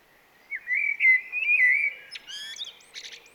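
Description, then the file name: Common blackbird song, a smooth whistled phrase ending in a thin, squeaky chattering flourish. "Turdus merula"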